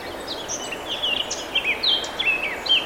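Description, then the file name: Eurasian blackcap song, a brisk series of varied whistled and chirping notes, rising and falling quickly, against a constant hiss. "Sylvia atricapilla"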